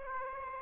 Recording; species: mosquito wingbeat signal from an infrared sensor; Aedes aegypti